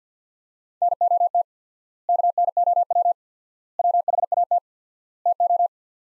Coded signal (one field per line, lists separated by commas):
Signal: Morse code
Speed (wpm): 50 wpm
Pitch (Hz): 700 Hz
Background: none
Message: NOT KNOW WHAT TO